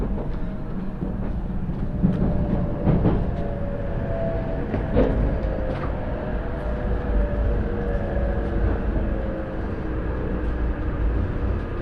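Riding aboard a Shinano Railway / Hokuriku Shinkansen train between Komoro, Ueda and Nagano, a steady deep rumble and rolling noise fill the whole twelve seconds. Faint clicks and brief rattles surface every second or two, with a thin whine running beneath.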